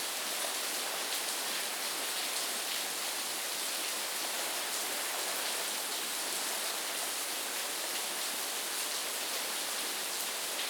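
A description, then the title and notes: Rain falls in a steady, dense hiss that holds at the same level throughout. The sound is bright and airy, with almost nothing in the low end, and it never builds or fades. No separate drops or other sounds stand out from the wash. Relax Sounds Rain.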